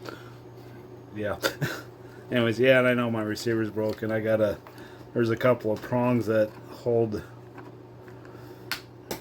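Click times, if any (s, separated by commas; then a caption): 8.7 s, 9.1 s. Someone talks, then an RC receiver, already known to be broken, is pushed into its plastic mount in a model airplane fuselage, with its retaining prongs snapping in at 8.7 s and 9.1 s. The prongs catch on one side only, because the other side has nothing to hold it, so the receiver is not fully secured.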